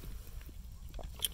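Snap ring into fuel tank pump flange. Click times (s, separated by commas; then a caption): 1.2 s. A snap ring holding the fuel pump module in the tank of a 1998-2005 Buick Regal or Park Avenue is worked into the fuel tank pump flange with a series of soft knocks and scrapes over a low rumble. A loud, sharp click at 1.3 s marks the snap ring locking in all the way around.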